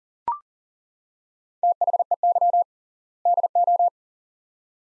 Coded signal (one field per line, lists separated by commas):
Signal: Morse code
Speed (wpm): 40 wpm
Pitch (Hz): 700 Hz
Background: none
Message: THEY DO